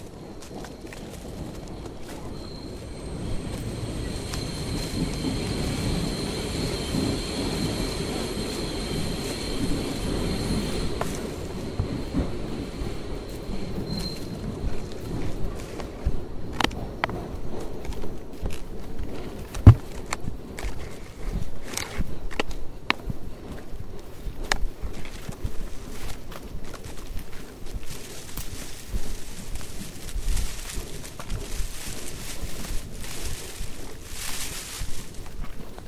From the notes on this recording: Hike in Tambopata Reserve rainforest, Peru